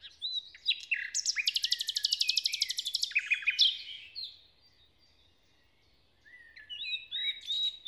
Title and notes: hoscheid, forest, nightingale. Hoscheid - Waldmorgen. Inside the forest. recorded early on a summer morning. After a wet night the sun comes up and sparkles through the leaves of the trees. A nightingale performs a kind of morning song